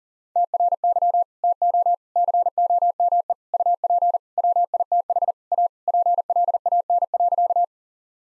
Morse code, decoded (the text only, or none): TRY TO COME UP WITH A PLAN.